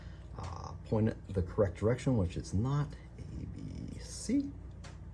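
A wire terminal for a Holley Power Tap is handled and lined up with slot C of its connector housing, in the correct orientation, after being removed. Someone talks throughout, with a few faint handling ticks near the start and end. Nothing has seated or clicked yet.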